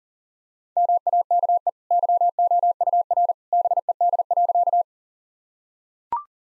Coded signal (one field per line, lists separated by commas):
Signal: Morse code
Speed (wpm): 37 wpm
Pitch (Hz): 700 Hz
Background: none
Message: MAKE YOUR BED.